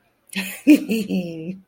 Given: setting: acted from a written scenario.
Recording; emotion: vocal sound without words; amusement